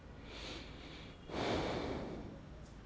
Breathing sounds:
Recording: one breath in and out by a microphone near the nose and mouth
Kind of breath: normal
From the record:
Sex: male

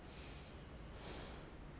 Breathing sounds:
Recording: one breath in and out by a microphone near the nose and mouth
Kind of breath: deep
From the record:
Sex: male

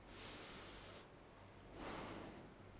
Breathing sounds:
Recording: one breath in and out by a microphone near the nose and mouth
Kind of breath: deep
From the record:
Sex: male

